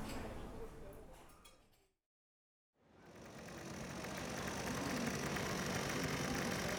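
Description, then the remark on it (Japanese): The engine of car No. 1 idles with a steady, rough rumble, breaks off into a short silence, then returns and holds loud and constant to the end. “ふみか、ハンドルはそんなに強く握らなくていいの。”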